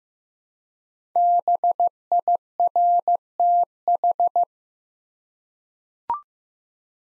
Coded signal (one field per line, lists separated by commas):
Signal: Morse code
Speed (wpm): 15 wpm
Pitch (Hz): 700 Hz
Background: none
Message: BIRTH